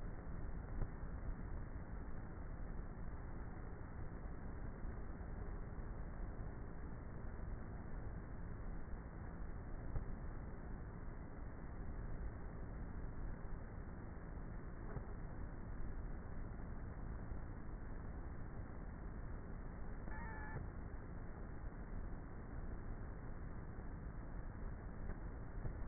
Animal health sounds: honeybee colony, microphone inside the hive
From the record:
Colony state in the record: queenless with a low population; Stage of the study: before two queens were removed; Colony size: about 30,000 bees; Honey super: no

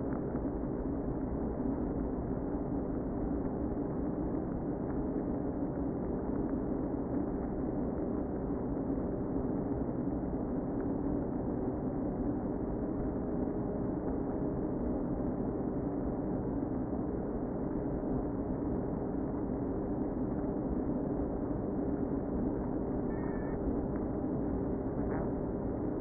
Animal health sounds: honeybee colony, microphone inside the hive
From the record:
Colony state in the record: queen present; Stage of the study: before two queens were removed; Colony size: about 60,000 bees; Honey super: yes

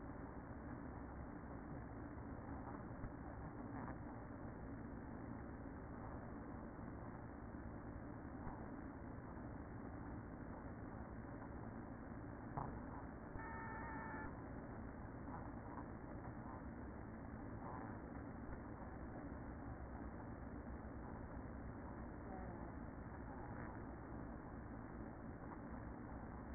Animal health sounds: honeybee colony, microphone inside the hive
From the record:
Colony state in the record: queen present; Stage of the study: after two queens were removed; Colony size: about 60,000 bees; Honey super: yes

